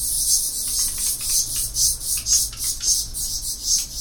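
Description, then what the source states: Black redstart calls as a dense, high, scratchy chatter of quick chirps, barely pausing. Nesting in Isländische Straße, in wall niches and even on balconies; call described as rough and clipped, heard as 'hik tek tek'.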